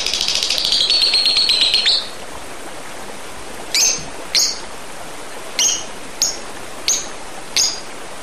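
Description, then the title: Oriental magpie-robin opens with a rapid buzzy rattle, then gives several single sharp high chirps with irregular gaps. "Kicau Kacer"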